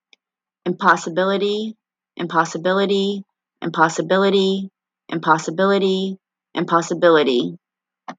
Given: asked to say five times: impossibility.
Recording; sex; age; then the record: repeated word; female; 40 to 49 years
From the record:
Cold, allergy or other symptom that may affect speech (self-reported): no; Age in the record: 40 years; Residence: Alabama, United States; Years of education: 16